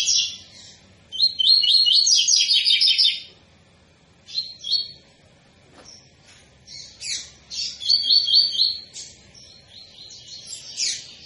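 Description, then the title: Double-collared seedeater song: a fast run of high, buzzy chirped notes, then short sharp chips, then another rapid repeated phrase near the end. Tui-tui style song of a spirited ('fibra') bird, used as a teaching song for young birds. "COLEIRO TUI TUI FIBRA"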